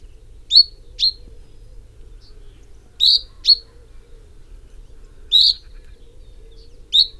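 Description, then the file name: Common chaffinch giving brief, bright single and paired call notes, evenly pitched and clipped, repeated at irregular intervals against a quiet low rumble. "Fringilla coelebs"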